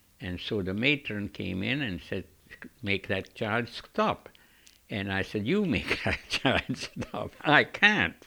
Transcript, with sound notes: And so the matron came in and said, "Make that child stop." And I said, (he laughs) "You make that child stop. I can't."